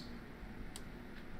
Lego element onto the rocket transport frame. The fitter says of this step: and it locks into place